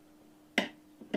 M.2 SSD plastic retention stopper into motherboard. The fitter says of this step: and then you want to put the little plastic stove in the hole there to hold it in place it should click in